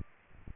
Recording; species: mosquito wingbeat signal from an infrared sensor; Aedes aegypti